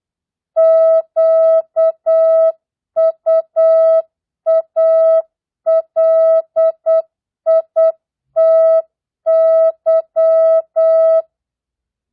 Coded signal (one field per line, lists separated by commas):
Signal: Morse code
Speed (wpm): 8 wpm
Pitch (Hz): 650 Hz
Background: music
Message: QUALITY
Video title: Morse code, CW, practice at 8 wpm non Farnsworth mixed words, numbers, and punctuation.